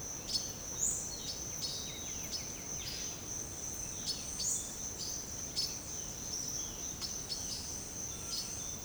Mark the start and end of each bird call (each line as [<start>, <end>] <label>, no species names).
[0.26, 0.41] bird call
[1.20, 2.94] bird call
[4.04, 4.51] bird call
[5.51, 5.71] bird call
[6.96, 7.37] bird call
[8.27, 8.43] bird call